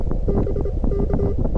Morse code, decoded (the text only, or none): BK